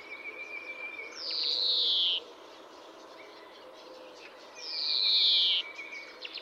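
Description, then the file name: European greenfinch calling with two drawn-out, harsh, descending wheezes a few seconds apart. "Chloris chloris"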